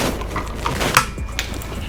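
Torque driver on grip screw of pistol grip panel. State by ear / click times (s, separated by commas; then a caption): torque reached / 1.0 s. A torque driver set to 15 inch-pounds tightens a grip screw on a brass palm-swell pistol grip panel. Against a low background of handling noise, the driver gives one sharp click at 0.97 s as it reaches its setting. A few faint ticks follow.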